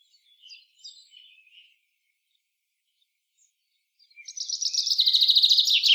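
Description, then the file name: Common chaffinch song: a few faint, scattered chirps, a pause, then a loud, rapid rattling trill that builds quickly and is cut off at the end. "Fringilla coelebs"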